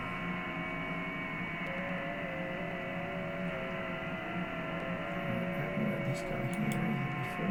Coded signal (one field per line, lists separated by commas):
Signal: FT8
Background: speech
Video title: Just some fun on FT8/4